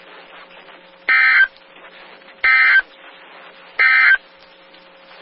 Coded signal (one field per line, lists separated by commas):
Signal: Emergency Alert System (SAME) tones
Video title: Wisconsin Severe Storm Outbreak (EAS #955-970) 7/28/21